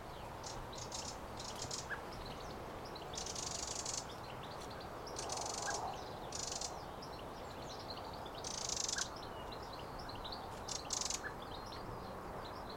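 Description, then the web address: Eurasian wren making scratchy rattles and hard ticks, in bursts spaced a second or two apart. "pub SETE data Troglodytes troglodytes"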